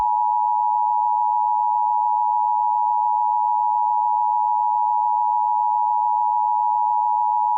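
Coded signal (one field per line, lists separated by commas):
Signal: Emergency Alert System (SAME) tones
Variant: 853 and 960 Hz attention tone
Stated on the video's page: Fictional EAS scenario, not a real alert.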